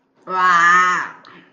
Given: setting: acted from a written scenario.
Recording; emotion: vocal sound without words; disgust